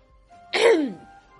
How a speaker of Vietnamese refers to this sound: Tước Vĩ ho khan một tiếng, rồi cuốn quýt xua tay, cười nói.